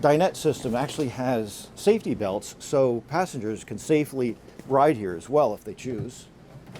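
A seat belt tongue is handled at its buckle on the dinette seat of a 2025 Entegra Accolade XT 35L Super C diesel motorhome while a man talks throughout. The clip ends just before the tongue goes into the buckle, so nothing has seated or clicked yet.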